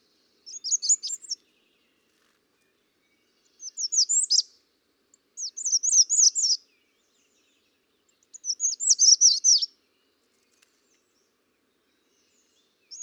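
American redstart singing high, thin, rapid phrases of repeated sibilant notes, four full songs, with a faint fragment at the end.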